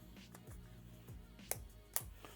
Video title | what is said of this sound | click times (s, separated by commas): iPhone 17 Pro - Mous Limitless 6.0 Case Review | So, that that snap is good, too. | 1.5 s, 2.0 s